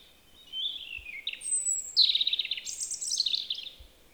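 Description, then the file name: European robin singing drawn-out high whistles that slide downward, followed by a quick, glittering series of trilled notes. "Erithacus rubecula"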